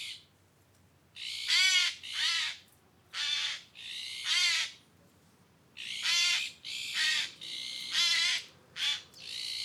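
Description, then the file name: Eurasian jay calling repeatedly with harsh, scratchy screeches, several rasping bursts in irregular succession. "Garrulus glandarius"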